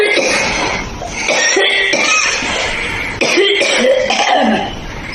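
A run of harsh, forceful adult coughs follows in quick, uneven succession over about five seconds, some ending in a brief voiced, throaty tone.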